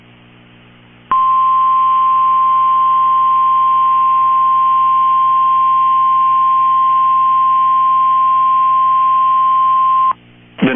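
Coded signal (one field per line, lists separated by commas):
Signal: Emergency Alert System (SAME) tones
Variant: 1050 Hz attention tone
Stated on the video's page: Valid EAS tones for a tornado warning.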